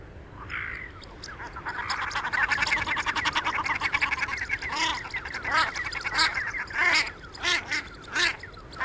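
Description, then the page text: Common shelduck calling with fast, rattling cackle series that swell midway, then give way to separate harsh, broad squawks repeated about every half second to one second. "Marco Dragonetti - Пеганка (Tadorna tadorna)"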